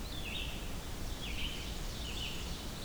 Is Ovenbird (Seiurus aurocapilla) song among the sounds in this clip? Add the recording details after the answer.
yes. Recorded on 25 June 2016 at 05:08. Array SBT-6-76